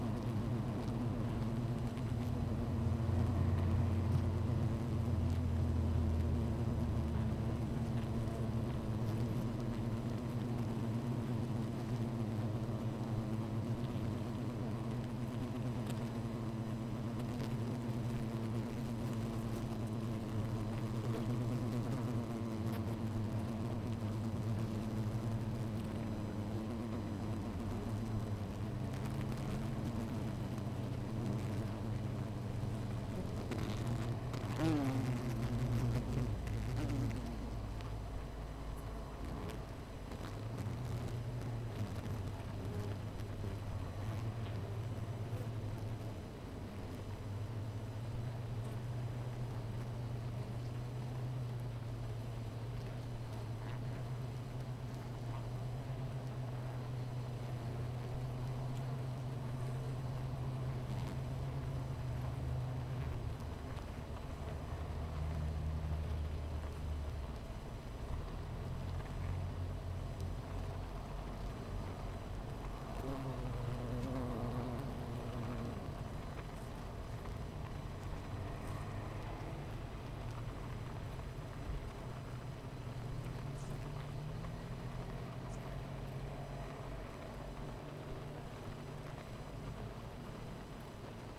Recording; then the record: honeybee colony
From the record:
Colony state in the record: missing queen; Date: 14 July 2017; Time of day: 13:50